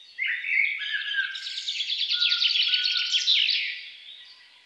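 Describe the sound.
Songbird song, a fast, varied warble of high chirps and trills that runs continuously for about four seconds before fading out.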